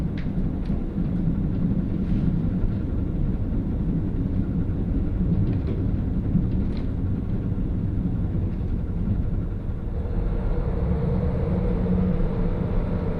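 A train ride on the Hakodate Main Line: a steady, dense low rumble of the moving train fills the whole stretch at an even level. Faint clicks and rattles ticking through the first seven seconds; after about ten seconds a thin, high whine appears.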